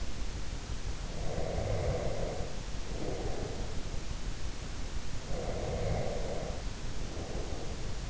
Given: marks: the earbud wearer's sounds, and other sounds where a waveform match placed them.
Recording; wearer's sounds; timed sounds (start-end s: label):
sounds in sleep by an in-ear microphone; breath
1.04-3.93 s: breath
5.31-8.10 s: breath